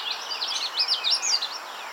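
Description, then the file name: Magnolia Warbler song: a quick run of high, slurred whistled notes, rising and falling, over soft background noise. "Setophaga magnolia - Magnolia Warbler"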